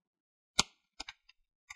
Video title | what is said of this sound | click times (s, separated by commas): Asus X550z Ram Upgrade FULL Guide | now once you have it in there you just want to twist it side to side and you want to hear some clicking those are the clips that | 0.6 s, 1.0 s, 1.1 s, 1.3 s, 1.7 s